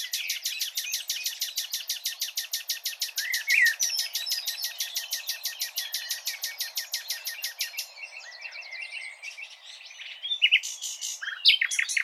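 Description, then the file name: Common nightingale song: an extended run of rapid, evenly repeated dry notes lasting about eight seconds, with brief whistles woven in, then a few louder chirps. "Luscinia megarhynchos"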